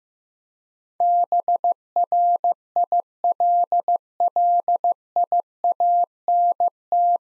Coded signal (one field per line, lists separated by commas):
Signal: Morse code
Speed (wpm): 16 wpm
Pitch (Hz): 700 Hz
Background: none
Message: BRILLIANT